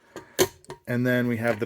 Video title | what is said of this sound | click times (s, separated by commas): PKS Grizzly, TOPS BOB & Mora Garberg Sheaths | really ballistic draw with this bob i love the click in on this too feels really nice | 0.4 s